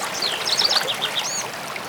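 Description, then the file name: Bird song fragment of bright high whistled and warbled notes, rising and falling quickly, against constant splashing stream water. Birds singing near a stream. "The Sounds of Nature - Birds near stream Zvuki prirody (Dydki net)"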